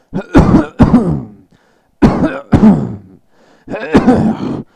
Coughs.